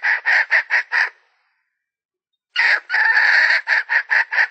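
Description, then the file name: Red junglefowl hen cackling in short, harsh repeated notes, a brief burst, then a longer drawn-out run of calls after a pause. Female (hen) red junglefowl. "tieng ga mai rung ket noi"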